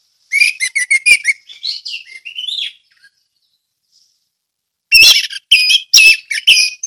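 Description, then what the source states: Orange-headed thrush singing a twittering phrase of whistles and slurred notes, then a two-second silence and a loud burst of sharp chips and trills. Ngeplong song style.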